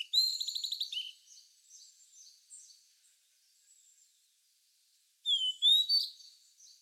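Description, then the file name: Blue-and-white flycatcher song: a rapid rattling trill, soft twittering notes, then after a pause a phrase of bright slurred whistles. "cyanoptila cyanomelana twitter"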